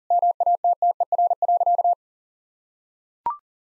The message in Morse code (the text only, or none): MATTER.